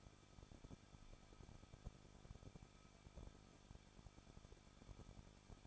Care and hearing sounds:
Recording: daily activity, microphone in the room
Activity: no activity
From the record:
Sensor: 5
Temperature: 20.9 degrees Celsius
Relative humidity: 38.1%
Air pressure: 1006.4 hPa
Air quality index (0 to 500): 187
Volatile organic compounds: 18 ppm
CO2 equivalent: 2620 ppm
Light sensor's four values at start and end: 2/3/1/1 and 2/3/1/1

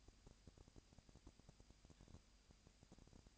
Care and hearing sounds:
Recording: daily activity, microphone in the room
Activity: no activity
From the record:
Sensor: 2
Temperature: 20.3 degrees Celsius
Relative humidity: 37.0%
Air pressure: 998.6 hPa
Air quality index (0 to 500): 236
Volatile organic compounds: 38 ppm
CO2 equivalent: 3120 ppm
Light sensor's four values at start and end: 2/3/2/2 and 2/3/2/2

